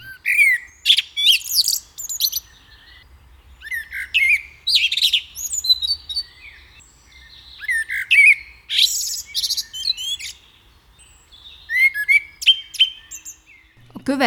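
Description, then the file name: Common blackbird song: short fluty, mellow phrases, each ending in high thin twittering, separated by brief pauses. "feketerigo"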